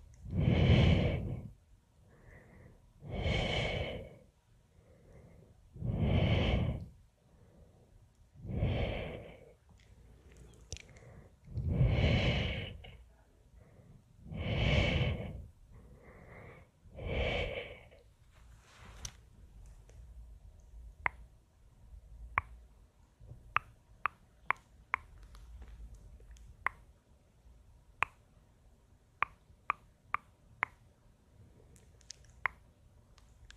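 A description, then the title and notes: Long shushing sounds repeat at a steady pace, about one every two and a half seconds, for the first eighteen seconds. After that, sharp, bright tongue clicks take over, sparse and irregular, with quiet rustling between them. Hand movements, tongue clicking, shushing.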